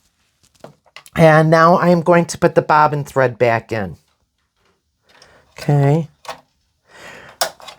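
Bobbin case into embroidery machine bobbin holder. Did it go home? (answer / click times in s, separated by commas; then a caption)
yes / 7.4 s. After oiling, a bobbin with its thread is put back into the bobbin holder of a Brother embroidery machine while someone talks. Light handling sounds follow, and then the bobbin case is pushed home and clicks into place at 7.4 seconds, seated and secure.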